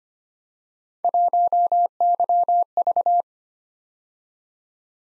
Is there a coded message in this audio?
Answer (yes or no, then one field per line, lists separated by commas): yes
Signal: Morse code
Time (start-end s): 1.0-3.2 s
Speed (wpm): 25 wpm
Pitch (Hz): 700 Hz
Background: none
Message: 1YV